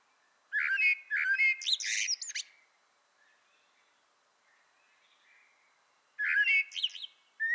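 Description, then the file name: Common blackbird song: mellow fluted warbling phrases mixed with squeaky high twitters, with a few seconds of quiet between them. "Turdus merula"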